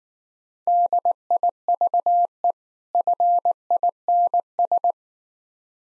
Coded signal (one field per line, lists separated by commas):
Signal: Morse code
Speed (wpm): 18 wpm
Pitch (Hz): 700 Hz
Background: none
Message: DIVE FINS